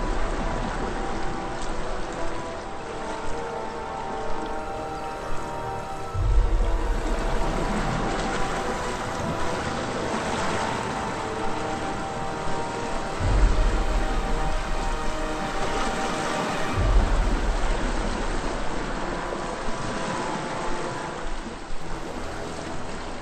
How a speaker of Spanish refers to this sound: oí el incesante movimiento del agua, el chapoteo de la mar que entraba en la roca por alguna grieta